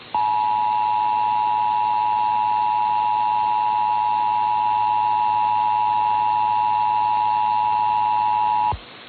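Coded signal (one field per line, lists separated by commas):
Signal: Emergency Alert System (SAME) tones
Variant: 853 and 960 Hz attention tone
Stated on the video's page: Required Monthly Test in San Francisco.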